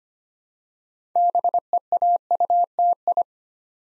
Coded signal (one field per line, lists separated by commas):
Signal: Morse code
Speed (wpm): 25 wpm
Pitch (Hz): 700 Hz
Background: none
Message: BEAUTI